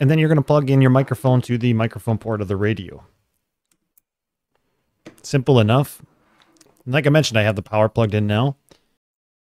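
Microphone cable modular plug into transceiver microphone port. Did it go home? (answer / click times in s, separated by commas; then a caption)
yes / 5.1 s. Someone talks, then plugs the microphone cable's modular (RJ45/Cat5-style) plastic plug into the microphone port of a Xiegu G90 radio transceiver. A short, sharp click is heard at 5.1 s as the plug seats in the port, and the talking continues afterward.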